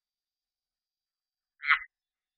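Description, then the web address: Red-eyed tree frog giving a single short, sharp click-like chock, otherwise silence. "Agalychnis callidryas"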